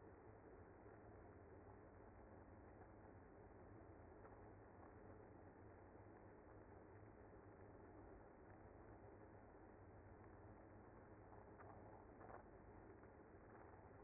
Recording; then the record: honeybee colony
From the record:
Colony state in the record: active